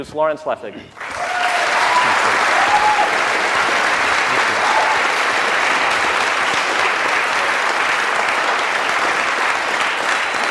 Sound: prolonged applause